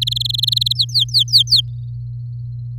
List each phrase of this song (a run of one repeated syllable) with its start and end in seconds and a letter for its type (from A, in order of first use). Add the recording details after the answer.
0.01-0.73 A, 0.75-1.61 B. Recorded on 4 May 2018 at 09:55. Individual llb16